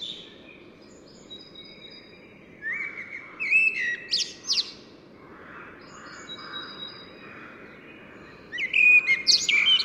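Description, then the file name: Common blackbird with a warbled phrase and squeaky ending, then soft lower notes, and a final loud, high twittering phrase. "Turdus merula"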